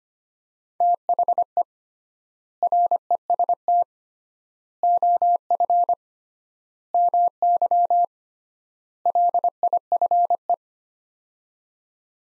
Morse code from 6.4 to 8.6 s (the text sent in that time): MY